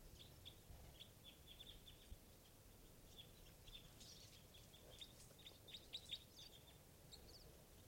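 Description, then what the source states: Red Crossbill (Type 2) calls from a flock: many short, sharp chip notes, overlapping and irregular, faint over a steady background hiss. Type 2 call type; a large flock had just come in; one bird was calling loudly.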